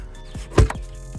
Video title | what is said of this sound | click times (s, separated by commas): Engine Air Filter - How to Change - Mercedes Benz E-class W212 | four Clips are pressed now put this back clip nice | 0.6 s, 0.7 s